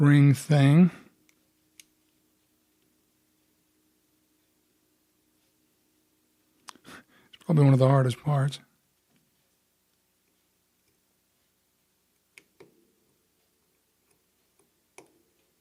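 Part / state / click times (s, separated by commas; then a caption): metal battery retaining spring over coin cell in quartz watch movement / not seated / none. Someone talks while refitting the small metal battery retaining spring over the coin cell inside the open case of a Pulsar PT3395 analog quartz chronograph watch during a battery replacement, one of the hardest parts of the job. Faint, short metallic ticks and clicks are heard between stretches of quiet. Nothing has seated or clicked into place yet.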